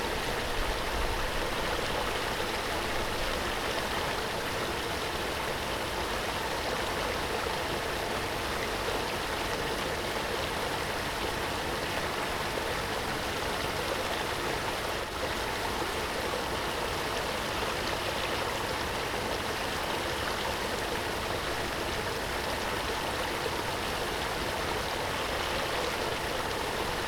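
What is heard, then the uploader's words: A small waterfall pours steadily, its flowing water making a dense, even rush that barely changes over the whole stretch. The sound is bright and hissing with a softer low rumble underneath, constant, with no separate events standing out. Small, Soothing, Relaxing Waterfall. The gentle cascade of a small waterfall. The soothing sounds of flowing water.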